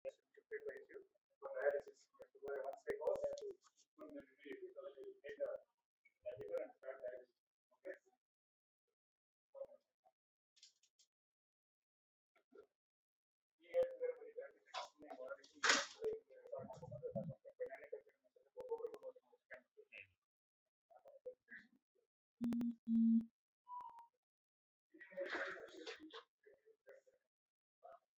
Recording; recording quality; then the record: shallow breathing; poor, much background noise or distortion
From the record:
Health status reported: exposed to COVID-19, no respiratory illness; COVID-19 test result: negative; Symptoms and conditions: none ticked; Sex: male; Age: 53 years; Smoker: not ticked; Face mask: worn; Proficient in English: yes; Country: India